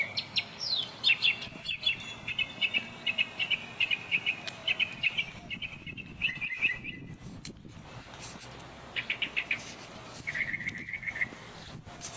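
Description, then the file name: Northern mockingbird singing varied, quickly repeated chirps and phrases, pausing, then ending with a fast trilled phrase. "Northern Mockingbird Sandtouch"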